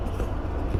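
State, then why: Not seated. A plastic cabin air filter cover is being fitted into the HVAC filter housing behind the glove box of a 2020 Hyundai Tucson, clipped on the right side first and then pushed on. Only a steady low rumble and faint handling noise are heard, with no sharp transients. Nothing has seated or clicked yet.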